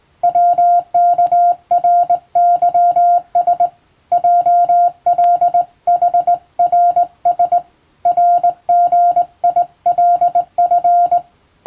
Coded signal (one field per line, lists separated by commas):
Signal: Morse code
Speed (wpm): 20 wpm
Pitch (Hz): 700 Hz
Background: music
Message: WKRYS JLHRS RGILF